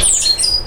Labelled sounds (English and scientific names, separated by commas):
Stitchbird (Notiomystis cincta) song